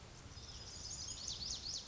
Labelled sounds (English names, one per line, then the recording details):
Lazuli Bunting
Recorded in Sonoma County, California